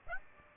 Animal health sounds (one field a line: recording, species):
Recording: mosquito wingbeat signal from an infrared sensor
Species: Aedes aegypti